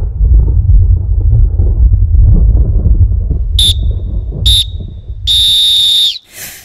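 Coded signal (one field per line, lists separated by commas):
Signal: whistle signal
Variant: lifeguard whistle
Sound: low rumbling noise, then two short shrill whistle blasts and one long blast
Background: low rumble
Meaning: Pool is closed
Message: 2 short, 1 long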